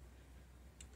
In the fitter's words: and it locks into place when you tilt it you can tilt it the other way as well